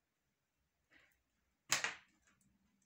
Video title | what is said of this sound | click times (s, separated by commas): gigabyte G connector how it works | You heard that click? | 1.7 s